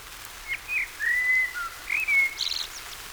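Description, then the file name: Common blackbird song: a short phrase of clear, fluty whistled notes, some sliding, ending in a brief high squeaky twitter. "Turdus merula"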